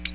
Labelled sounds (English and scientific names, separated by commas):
Ovenbird (Seiurus aurocapilla) flight call